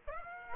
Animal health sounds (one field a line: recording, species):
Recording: mosquito wingbeat signal from an infrared sensor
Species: Aedes aegypti